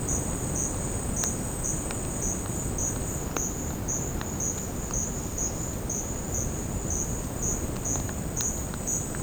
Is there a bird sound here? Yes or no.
no